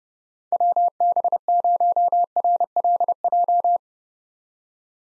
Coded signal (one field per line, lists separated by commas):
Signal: Morse code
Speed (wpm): 30 wpm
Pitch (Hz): 700 Hz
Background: none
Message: WB0RLJ